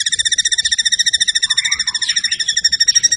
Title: PANCINGAN MURAI BATU. MURAI GACOR SUPER EDAN SEMUA MATERI DI KELUARIN COCOK BUAT DONGKRAK EMOSI. SHAMA BIRD